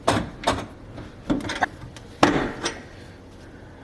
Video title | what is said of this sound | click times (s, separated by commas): How to Replace a Garbage Disposal - Tutorial | I heard that little click, that means it's locked in position. | 2.2 s